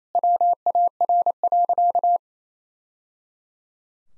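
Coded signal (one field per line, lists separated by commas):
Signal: Morse code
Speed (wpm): 28 wpm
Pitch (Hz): 700 Hz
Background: none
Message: WAR.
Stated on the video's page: Morse code practice at 28 wpm of sentences from the top 1000 words, each sent, spoken, then sent again.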